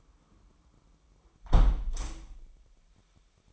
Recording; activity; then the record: daily activity, microphone in the room; close window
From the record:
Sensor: 1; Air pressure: 998.7 hPa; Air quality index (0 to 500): 122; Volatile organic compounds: 3 ppm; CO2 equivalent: 1458 ppm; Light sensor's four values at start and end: 8/19/8/9 and 7/18/7/9